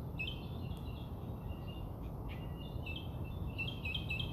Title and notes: Bird Songs Part Two. More bird songs outside my house